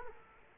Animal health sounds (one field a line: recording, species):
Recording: mosquito wingbeat signal from an infrared sensor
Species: Culex quinquefasciatus